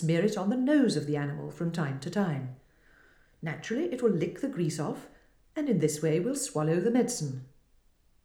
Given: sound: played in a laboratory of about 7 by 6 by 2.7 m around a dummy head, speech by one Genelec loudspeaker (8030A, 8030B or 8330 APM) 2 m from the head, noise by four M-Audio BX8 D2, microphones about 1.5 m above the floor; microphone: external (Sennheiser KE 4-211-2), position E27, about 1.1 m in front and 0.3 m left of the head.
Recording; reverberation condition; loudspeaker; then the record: female speech in English; medium; in front (0 degrees)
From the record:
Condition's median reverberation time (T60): about 510 ms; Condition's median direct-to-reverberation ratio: about -0.5 dB